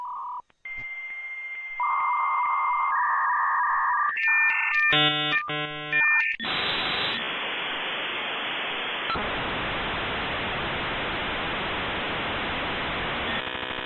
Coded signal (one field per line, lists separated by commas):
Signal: dial-up modem handshake